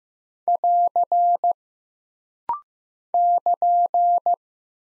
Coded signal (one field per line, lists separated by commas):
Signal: Morse code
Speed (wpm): 15 wpm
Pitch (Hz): 700 Hz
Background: none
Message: <AR> <KN>